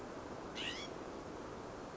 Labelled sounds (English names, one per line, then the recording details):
California Scrub-Jay
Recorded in Sonoma County, California